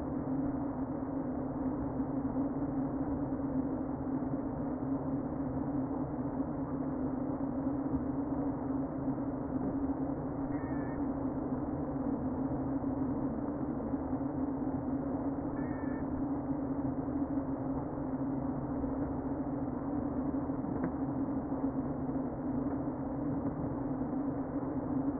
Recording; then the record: honeybee colony, microphone inside the hive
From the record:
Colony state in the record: queen present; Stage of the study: before two queens were removed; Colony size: about 60,000 bees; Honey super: yes